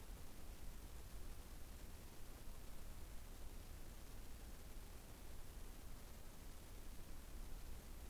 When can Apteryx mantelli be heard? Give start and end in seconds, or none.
none